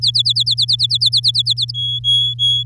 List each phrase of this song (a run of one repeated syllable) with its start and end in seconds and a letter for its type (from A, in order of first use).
0.01-1.71 A, 1.74-2.63 B